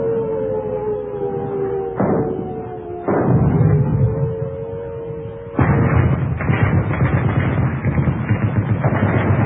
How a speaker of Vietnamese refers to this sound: những tiếng nổ rền như bắt sang của súng đạn, những tiếng phọt phọt của trung pháo, tiếng cùng cùng của đại liên, tiếng cùng ục của đại pháo, tiếng trung pháo nghe ngọt nhất.